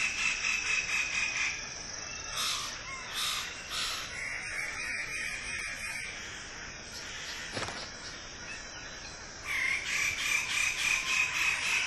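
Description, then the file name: Wallace's standardwing with bursts of harsh, repeated notes against a continuous shrill background. "suara burung bidadari"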